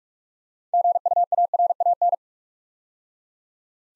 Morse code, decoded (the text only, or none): GUARAN